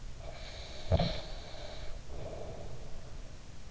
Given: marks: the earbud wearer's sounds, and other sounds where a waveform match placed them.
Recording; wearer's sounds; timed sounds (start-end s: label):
sounds in sleep by an in-ear microphone; snoring breath
0.13-3.38 s: snoring breath